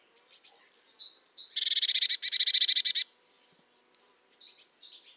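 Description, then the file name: Eurasian blue tit giving a single long churr, a dense run of rasping pulses for about one and a half seconds, framed by faint thin notes. "Cyanistes caeruleus"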